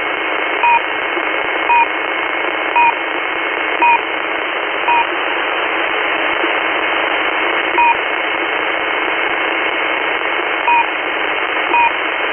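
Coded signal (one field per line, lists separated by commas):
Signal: unidentified radio signal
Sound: hiss with short two-tone beeps about a second apart: five, then one, then two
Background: radio static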